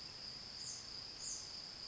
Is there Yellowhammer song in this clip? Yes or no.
no